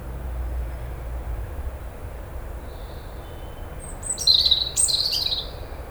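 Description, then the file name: European robin song: a brief high, thin whistle then a rapid sparkling phrase of trilled notes near the end, over faint low background noise. "Erithacus rubecula"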